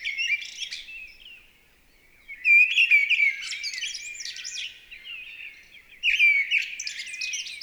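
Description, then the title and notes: Mistle thrush delivering two vigorous whistled phrases after a brief pause, with fainter warbling notes before and between them. Recorded 28 March 2020 at Val Maravel in stereo on a Nagra LB with an MKH40 microphone; exceptional listening with no aircraft overhead; bird singing in full vocal fervour. "UNE DRAINE ENCHANTEE. 28 mars 2020-Val Maravel. Grive draine (Turdus viscivorus) dans toute sa ferveur vocale"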